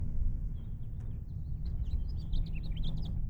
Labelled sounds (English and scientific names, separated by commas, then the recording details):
House Finch (Haemorhous mexicanus) song
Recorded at Oceanside on Long Island, New York, on 17 June 1975
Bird E